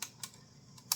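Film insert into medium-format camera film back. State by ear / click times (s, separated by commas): seated / 0.9 s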